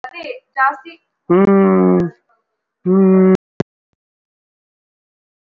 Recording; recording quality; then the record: sustained vowel as in beet; poor, much background noise or distortion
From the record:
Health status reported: recovered from COVID-19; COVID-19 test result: positive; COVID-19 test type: RT-PCR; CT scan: not taken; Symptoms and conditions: cough, cold, sore throat, fatigue, muscle pain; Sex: male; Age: 37 years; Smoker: no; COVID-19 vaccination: both doses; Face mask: worn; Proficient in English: yes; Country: India